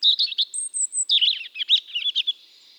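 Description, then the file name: European robin song: a sweet warbling phrase of quick twittering notes, with a long thin very high whistle held near the start. "Erithacus rubecula"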